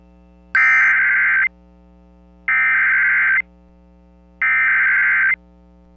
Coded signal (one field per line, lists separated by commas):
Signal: Emergency Alert System (SAME) tones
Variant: header bursts